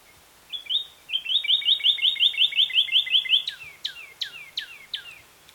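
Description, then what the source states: Northern cardinal singing a brief note and a rapid run of short, evenly spaced notes, ending with several bright downslurred whistles in quick succession. Recorded in Key West.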